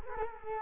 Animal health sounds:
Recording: mosquito wingbeat signal from an infrared sensor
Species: Culex quinquefasciatus

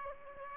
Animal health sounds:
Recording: mosquito wingbeat signal from an infrared sensor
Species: Aedes aegypti

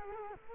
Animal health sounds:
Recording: mosquito wingbeat signal from an infrared sensor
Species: Culex quinquefasciatus

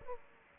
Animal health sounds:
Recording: mosquito wingbeat signal from an infrared sensor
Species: Aedes aegypti

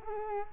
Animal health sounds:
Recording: mosquito wingbeat signal from an infrared sensor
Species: Culex quinquefasciatus

